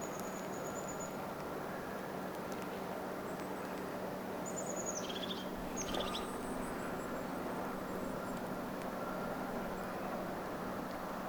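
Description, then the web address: Crested tit: a thin high note slides down into a short buzzy trill, one main phrase, with faint high notes and steady low rumble behind. Vocalising; recorded 12 October 2024 in Finland. "paivat 12 10 2024 tuollaista toyhtotiaisen aantelya"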